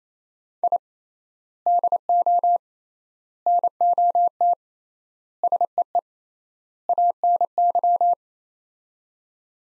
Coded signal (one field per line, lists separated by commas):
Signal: Morse code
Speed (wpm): 28 wpm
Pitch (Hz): 700 Hz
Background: none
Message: I DO NOT SEE ANY